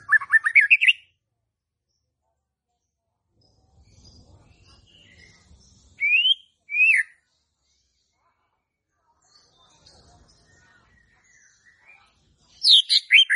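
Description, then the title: White-rumped shama song: short rising whistled phrases at start and end, with two sharp notes and a faint low rumble between. Lure song played to provoke stressed, stuck (non-singing) birds into singing. "PANCINGAN Murai Batu STRES & MACET"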